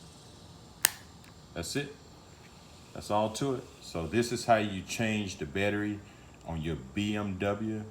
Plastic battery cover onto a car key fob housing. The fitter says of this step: just line these screws up together right here you hear snap into place that's